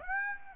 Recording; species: mosquito wingbeat signal from an infrared sensor; Aedes aegypti